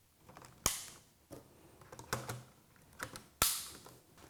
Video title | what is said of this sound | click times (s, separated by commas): LED Light Tutorial | the light out to put the batteries on they just click right into place and then | 0.7 s, 3.4 s